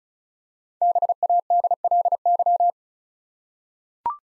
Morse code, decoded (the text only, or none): BADLY